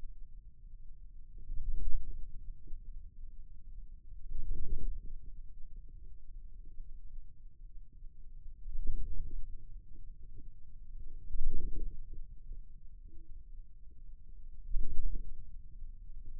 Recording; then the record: forearm muscle sounds (acoustic myography)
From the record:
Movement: wrist flexion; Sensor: system 2, bracelet of six BSWA MPA416 microphones around the upper forearm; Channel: 2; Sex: male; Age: 22 years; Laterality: right